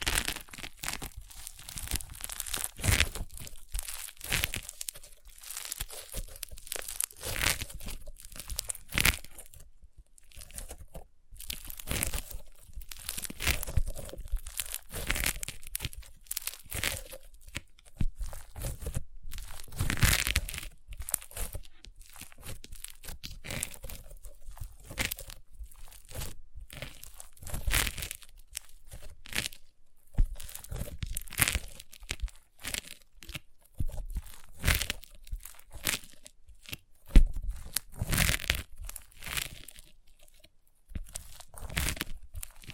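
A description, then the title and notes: Crunchy slime being squeezed and pressed, giving off dense, irregular bursts of crackling and crinkling that run through the whole clip. The pops and crunches come in quick clusters with brief quieter gaps, bright and sharp, with a faint low hum underneath. ASMR Satisfying Crunchy Slime (No Talking).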